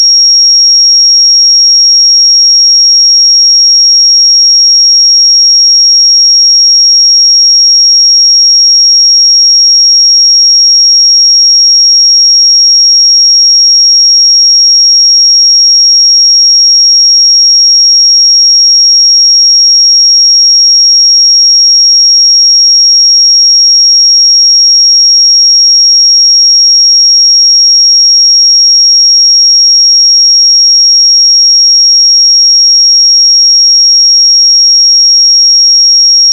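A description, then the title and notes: A pure sine tone at 5588 Hz holds perfectly steady for the full length, high and thin like a piercing whistle. Its loudness never changes, and nothing else is heard: no background noise, no breaks, no other sounds. 5588 Hz 1 Hz Interval Sine Pure Tone Frequency 441000 Sample Mono.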